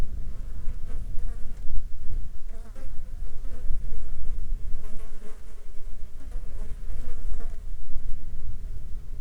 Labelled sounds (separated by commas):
wind, insects